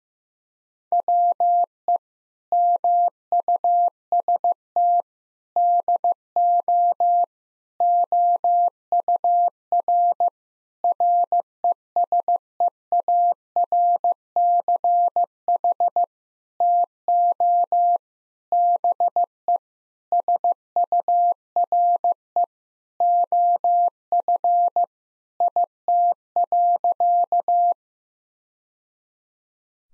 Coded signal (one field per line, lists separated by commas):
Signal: Morse code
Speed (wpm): 15 wpm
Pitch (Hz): 700 Hz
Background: none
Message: WE MUST DO OUR RESEARCH TO BE SURE OF IT.